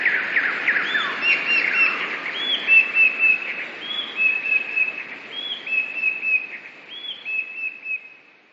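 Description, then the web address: Eurasian blue tit: small songbird singing high whistled phrases of an arched note and level notes, opening over a burst of busy, scratchy chirping. "wroblowe teka 2 spiew. modraszkoteka"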